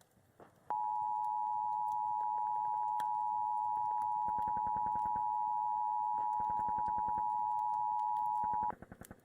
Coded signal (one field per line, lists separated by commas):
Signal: Emergency Alert System (SAME) tones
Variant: 853 and 960 Hz attention tone